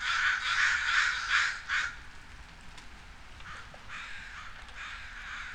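Crow calling with several loud, rapid, rasping caws in quick succession, followed by a few softer caws.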